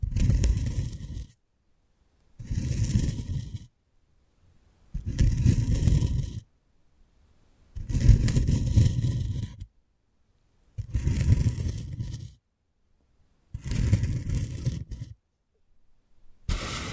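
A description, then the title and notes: Ear picking with props comes in regular bursts, about seven in seventeen seconds, each lasting a second or so and separated by near silence. Each burst is a rough, rumbling scrape with a thin, crackly hiss riding on top. 3D panoramic ear picking with various props.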